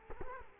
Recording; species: mosquito wingbeat signal from an infrared sensor; Culex quinquefasciatus